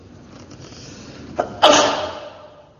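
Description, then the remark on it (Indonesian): A single sharp sneeze: a short catch of breath, then an explosive, hissy burst that trails off over about a second. No one speaks. “Alhamdulillah. Yahdikullah wasmalakum.”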